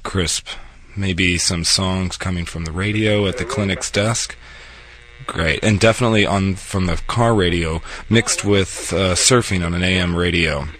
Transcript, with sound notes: crisp Maybe some songs coming from the radio at the clinic's desk? [RADIO STATIC] Great And definitely from the car radio mixed with surfing on an AM radio